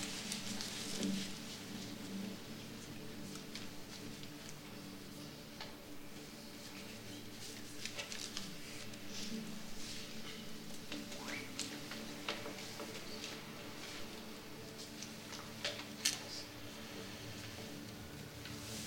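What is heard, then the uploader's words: A steady room tone with a low, constant hum and faint tonal bands running underneath throughout. Scattered small ticks and clicks pop up irregularly over the bed, with a slightly sharper click near sixteen seconds. The piece "Room" combines room tones sampled from several films, sfx libraries, with field recordings of other rooms and spaces.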